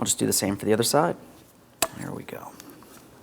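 Someone talks while a steel brake pad abutment clip is handled for the other side of the front caliper bracket on a 2004–2008 Pontiac Grand Prix. A short sharp knock, then faint light handling noises follow, but nothing has seated or clicked yet; the clip is not yet home.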